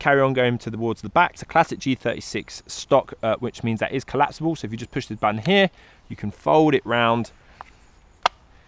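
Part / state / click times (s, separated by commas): folding stock latching against the side of an airsoft rifle receiver / seated / 8.3 s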